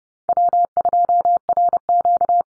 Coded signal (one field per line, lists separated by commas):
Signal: Morse code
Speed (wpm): 30 wpm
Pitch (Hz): 700 Hz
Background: none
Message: W2RQ